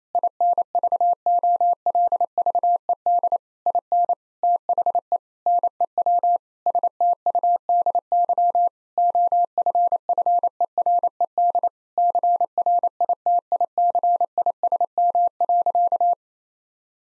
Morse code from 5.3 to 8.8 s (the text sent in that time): NEW STUDY